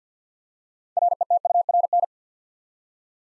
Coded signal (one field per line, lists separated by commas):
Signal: Morse code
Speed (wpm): 48 wpm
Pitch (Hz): 700 Hz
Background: none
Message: RETURN